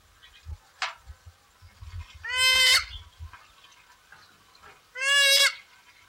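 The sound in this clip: Pukeko calls, two loud harsh screeching squawks rich in harmonics, about three seconds apart, with faint low rumbling and softer sounds between.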